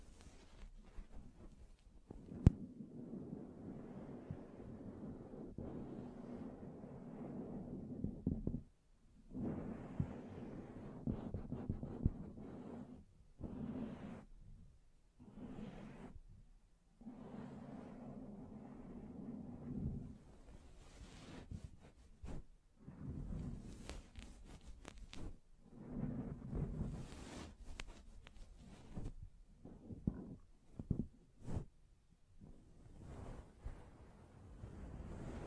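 Hand sounds against a microphone: rubbing and brushing come in bursts of a few seconds, with a low, muffled rasp, separated by short silences. Sharp taps and scratches punctuate it, especially near the start and through the final ten seconds.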